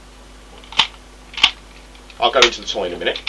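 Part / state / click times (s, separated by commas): plastic transforming robot toy part into its locked position / seated / 0.8 s, 1.4 s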